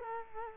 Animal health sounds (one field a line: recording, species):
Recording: mosquito wingbeat signal from an infrared sensor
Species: Culex quinquefasciatus